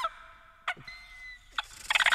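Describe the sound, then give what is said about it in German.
Harsh, squawking calls of parrots flying up from trees: a held, reedy cry broken by two sharp screeches, then a quick burst of loud, rasping chatter at the end. No one speaks. “Papageien fliegen aus ihnen auf.”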